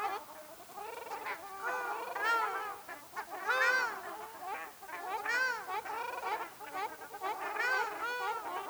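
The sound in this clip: Ruddy shelduck honking, a busy chorus of nasal, trumpeting honks rising and falling in loudness from a group of birds.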